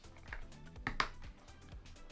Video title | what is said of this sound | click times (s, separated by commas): No More Glasses! Unboxing & Testing VR Rock Lens Inserts for Meta Quest 3 | okay so we heard it clicking so that's the actual insert that's clicked in | 0.9 s, 1.0 s